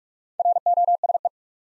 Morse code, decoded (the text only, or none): ROSE